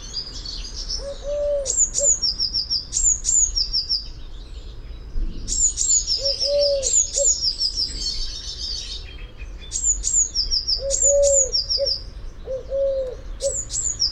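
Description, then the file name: Eurasian blue tit calling with sharp high notes followed by thin trailing phrases, repeated in clusters, with a soft low cooing repeated several times beneath. "Cyanistes caeruleus"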